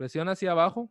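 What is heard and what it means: A RAM memory module is lined up with the notch of a motherboard DIMM slot and pressed down to close the retaining clips while someone talks. Nothing has seated or clicked yet.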